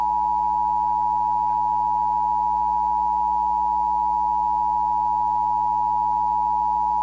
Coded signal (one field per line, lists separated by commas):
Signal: Emergency Alert System (SAME) tones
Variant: 853 and 960 Hz attention tone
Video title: rare eas alerts